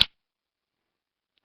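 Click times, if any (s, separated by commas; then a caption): 0.0 s. An assisted-opening folding knife with a steel blade and aluminum handle is flicked open, and its liner lock snaps into the locked position with a sharp, assertive metallic click at 0.0 s. The blade is locked open with a clean, solid click, followed by near silence and only a very faint tick near the end.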